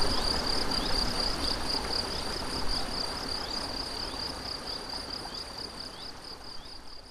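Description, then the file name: Cricket trill pulsing high and regular while the flowing water sound slowly fades toward the end. Crickets recorded beside a stream on 7 May 2014 with an MZ-N710 recorder. "MZ-N 710 Ruisseau et grillons 7 05 14"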